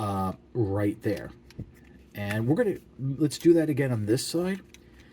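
Someone talks while handling the plastic foot section of a Transformers Legacy Motormaster figure, starting the same step on the second side to close it into the central column. Only speech and faint handling sounds are heard. Nothing has seated or snapped closed yet.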